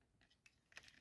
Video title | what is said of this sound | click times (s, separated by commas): Transformers: SS-86 Grimlock w/Wheelie. | leg together, and it just kind of splits into place, or snaps into place, should I say, like | 0.8 s